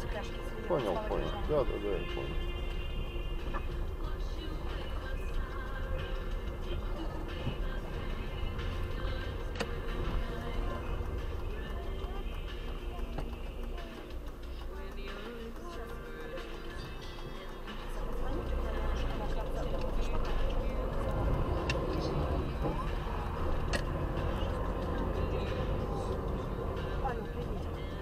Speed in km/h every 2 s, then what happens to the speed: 8, 7, 8, 7, 8, 8, 3, 0, 2, 6, 6, 13, 20, 17.
0-10 steady at about 8. 10-13 slows to 0. 13-16 standing. 16-24 pulls away to 20.